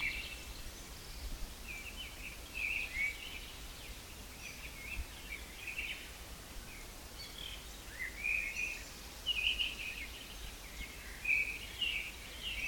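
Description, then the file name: Great tit calling in several bursts of short, high chattering notes through a constant hiss of background noise. "Parus major"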